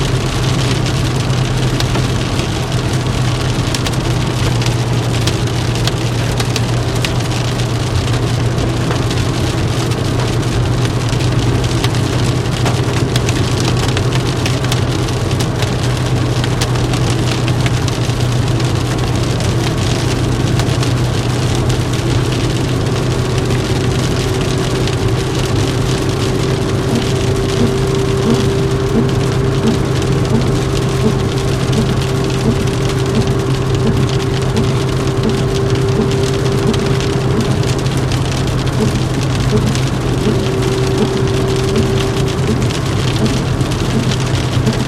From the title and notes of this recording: Rainy car rides I have known and loved. Various recordings of rain on car roof and windshield, recorded by Dan Bodah in 2003.